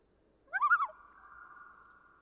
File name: Common Loon